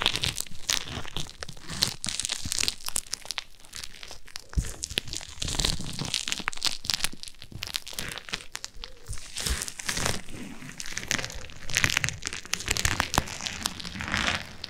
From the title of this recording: ASMR Ear Massage